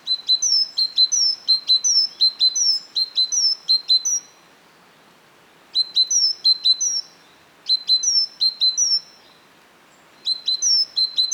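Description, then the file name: Great tit calling in rapid runs of sharp short notes and high falling whistles, four busy bursts separated by brief pauses. "Parus major"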